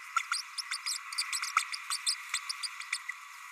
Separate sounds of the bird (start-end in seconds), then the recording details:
0.16-0.22, 0.31-0.42, 0.57-0.61, 0.70-0.78, 0.86-0.98, 1.32-1.39, 1.56-1.64, 1.90-1.97, 2.06-2.15, 2.33-2.39, 2.49-2.52, 2.63-2.67, 2.79-2.83, 2.92-2.97, 3.08-3.11. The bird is a male. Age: 30 days. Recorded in a nest box in Venezuela. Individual 17B32A6